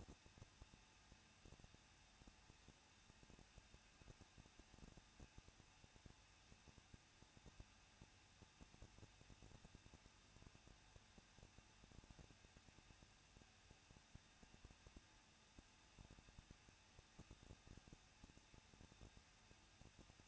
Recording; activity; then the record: daily activity, microphone in the room; no activity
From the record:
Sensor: 2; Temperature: 21.0 degrees Celsius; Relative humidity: 37.3%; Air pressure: 1006.4 hPa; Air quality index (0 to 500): 220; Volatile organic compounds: 23 ppm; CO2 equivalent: 2774 ppm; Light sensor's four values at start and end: 2/3/2/2 and 2/3/2/2